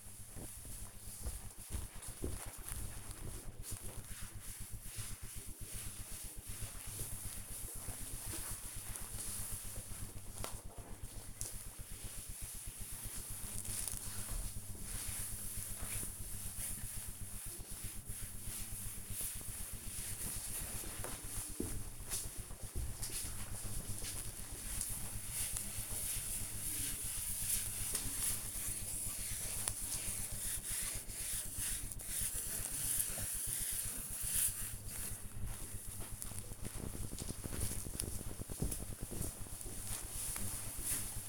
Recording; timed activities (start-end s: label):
household activities, microphone on the right wrist
0.00-36.30 s: cleaning table